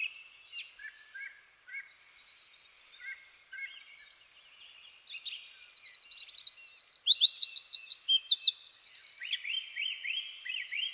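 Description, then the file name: Eurasian wren song bursts in after several seconds of faint, lower chirps, becoming a rapid, loud cascade of high metallic trills and twitters that run to the end. "Troglodytes troglodytes"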